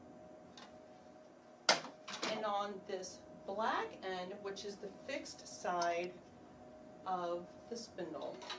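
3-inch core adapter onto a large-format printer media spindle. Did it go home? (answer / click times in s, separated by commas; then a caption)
yes / 1.7 s. A plastic 3-inch core adapter is pressed onto the media spindle of an HP Designjet Z6200 CQ109A large-format plotter, on the spindle's black fixed side. A sharp, loud click at 1.7 s marks it snapping into position, and someone talks before and after. The adapter is seated on the spindle.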